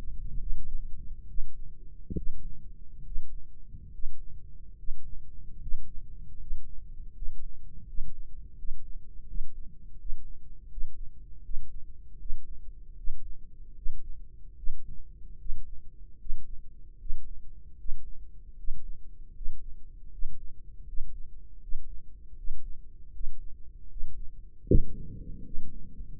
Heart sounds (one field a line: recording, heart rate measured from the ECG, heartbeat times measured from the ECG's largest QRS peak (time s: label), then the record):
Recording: heart sounds by microphone in the right ear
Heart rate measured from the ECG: 77 bpm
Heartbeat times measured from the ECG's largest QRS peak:
0.37 s: heartbeat
1.25 s: heartbeat
2.13 s: heartbeat
3.02 s: heartbeat
3.89 s: heartbeat
4.74 s: heartbeat
5.58 s: heartbeat
6.36 s: heartbeat
7.12 s: heartbeat
7.84 s: heartbeat
8.54 s: heartbeat
9.25 s: heartbeat
9.96 s: heartbeat
10.68 s: heartbeat
11.41 s: heartbeat
12.17 s: heartbeat
12.95 s: heartbeat
13.74 s: heartbeat
14.54 s: heartbeat
15.37 s: heartbeat
16.17 s: heartbeat
16.97 s: heartbeat
17.76 s: heartbeat
18.55 s: heartbeat
19.33 s: heartbeat
20.09 s: heartbeat
20.85 s: heartbeat
21.59 s: heartbeat
22.35 s: heartbeat
23.11 s: heartbeat
23.87 s: heartbeat
24.65 s: heartbeat
25.43 s: heartbeat
26.18 s: heartbeat
From the record:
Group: healthy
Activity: breath hold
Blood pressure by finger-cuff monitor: 95/64 mmHg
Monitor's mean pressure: 72 mmHg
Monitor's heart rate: 77 bpm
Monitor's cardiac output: 5.5 L/min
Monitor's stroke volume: 73 mL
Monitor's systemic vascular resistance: 930 dyn s/cm5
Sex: female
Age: 22 years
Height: 163 cm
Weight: 67.1 kg